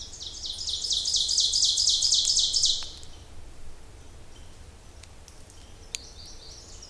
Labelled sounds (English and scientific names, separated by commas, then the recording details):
Ovenbird (Seiurus aurocapilla) song
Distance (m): 15 m
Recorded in boreal forest in Alberta, Canada, on 26 May 2016 at 08:06
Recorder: SongMeter 3, array SBT-3-15
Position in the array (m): 40 m, 230 m
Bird 20